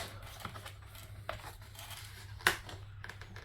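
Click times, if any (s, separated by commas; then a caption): 2.5 s. A plastic model kit part is pushed up into its mount on the model until it locks into place, after which it cannot come back out. Soft plastic handling ticks lead up to one sharp, loud click at 2.5 s as the part seats.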